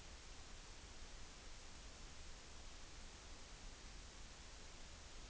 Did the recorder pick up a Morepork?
no